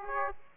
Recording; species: mosquito wingbeat signal from an infrared sensor; Aedes aegypti